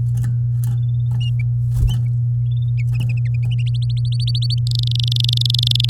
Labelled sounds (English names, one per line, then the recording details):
Domestic Canary song
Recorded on 8 May 2018 at 12:07
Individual llb16